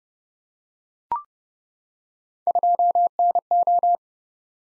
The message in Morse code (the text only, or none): 2NO